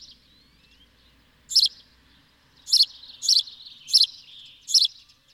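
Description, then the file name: House sparrow giving five loud, clipped chirps, the first alone and the rest well under a second apart, with faint thin twittering in the background. "Passer domesticus"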